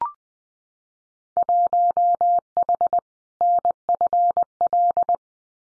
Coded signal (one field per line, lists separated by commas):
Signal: Morse code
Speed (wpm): 20 wpm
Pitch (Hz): 700 Hz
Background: none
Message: 1H NFL